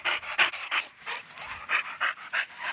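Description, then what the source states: Dog panting, quick rhythmic breaths in and out, steady and breathy throughout. Dog happy, breathing fast.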